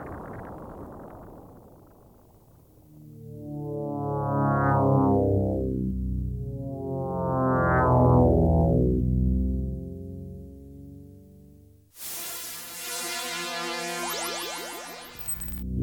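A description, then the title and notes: A space battle sequence: a low rumble, two rising-and-falling sweeping engine swells peaking near four and eight seconds, then an abrupt bright, dense metallic burst at twelve seconds. Space Fantasy – Battle – Space Battle.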